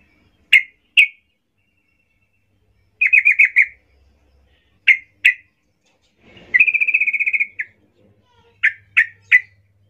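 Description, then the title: Yellow-vented Bulbul song: quick chirpy notes and short gurgling phrases, including one longer rapid trill in the middle. Trucuk singing as a lure (pancingan) to make trucuk birds sing; 'gacor ropel ngalas' song style. "GACOR Ropel Ngalas Pancingan Trucukan Agar Bunyi Jadikan Burung Trucuk"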